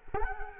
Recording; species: mosquito wingbeat signal from an infrared sensor; Culex quinquefasciatus